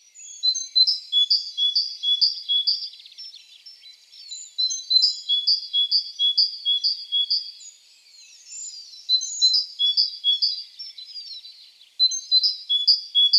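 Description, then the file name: Great tit: high, sharp two-part notes repeated rapidly in runs of several seconds, with brief pauses between runs. "Parus major"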